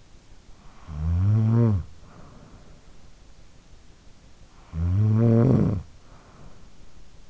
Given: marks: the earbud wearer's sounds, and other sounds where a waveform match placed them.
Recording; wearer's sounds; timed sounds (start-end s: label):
sounds in sleep by an in-ear microphone; snoring breath
0.16-3.32 s: snoring breath
4.12-7.30 s: snoring breath